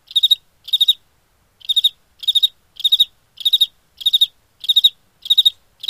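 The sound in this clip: Cricket chirps in quick pulsed bursts, roughly two per second, after a short pause near the start; no other sounds.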